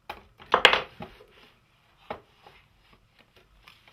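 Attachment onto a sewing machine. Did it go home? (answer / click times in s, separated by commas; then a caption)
no / none. An attachment is being handled onto a Brother combo sewing and 4 x 4" embroidery machine after a check that it sits underneath. There are short knocks and rustling handling sounds, with the loudest bursts around 0.5–0.8 s and another tap at 2.1 s, then faint small ticks. Nothing has seated or clicked into place yet.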